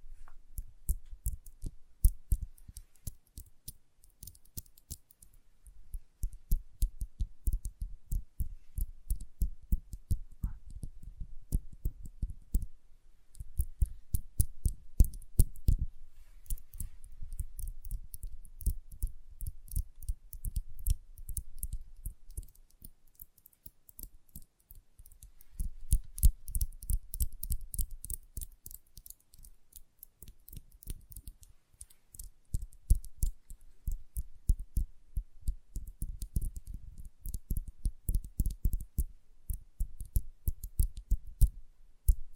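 Light, rapid tapping runs in bursts of dense, fast clicks, each tap a sharp tick with a soft low thump beneath it. The bursts come and go every few seconds, with quieter, sparser stretches between them, notably around 10–13 and 20–25 seconds.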